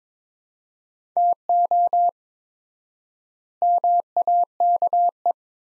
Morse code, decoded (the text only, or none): TO MAKE